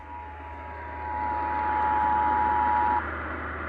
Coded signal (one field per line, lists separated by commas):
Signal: Emergency Alert System (SAME) tones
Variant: 853 and 960 Hz attention tone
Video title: Required Monthly EAS Test for Minnesota - April 1, 2026 10:45 PM